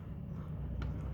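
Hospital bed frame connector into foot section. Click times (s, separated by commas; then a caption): 0.8 s. The metal connector on a hospital bed frame is twisted and engaged into the foot section, rocking into place over a low rumbling background. A short click sounds at 0.8 s as it seats, and the connector is ready to go.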